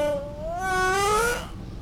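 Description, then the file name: Humpback whale song unit: a harmonic, moaning tone that dips slightly and then rises smoothly over about a second and a half, over a low rumbling background. Antarctic feeding ground, recorded during foraging. "Humpback Whale Song and Foraging Behavior on an Antarctic Feeding Ground"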